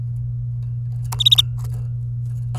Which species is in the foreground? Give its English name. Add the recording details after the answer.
Domestic Canary. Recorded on 24 April 2018 at 13:27. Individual llb3